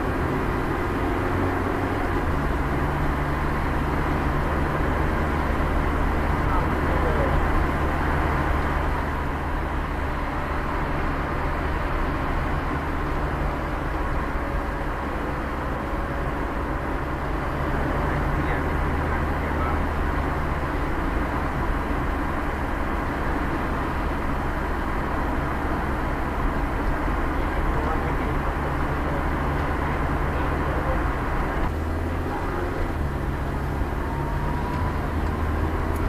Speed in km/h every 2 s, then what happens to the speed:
18, 19, 18, 18, 15, 12, 10, 8, 8, 11, 13, 12, 9, 9, 8, 11, 16, 17.
0-6 steady at about 18. 6-14 slows to 8. 14-29 steady at about 9. 29-36 speeds up to 17.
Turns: none.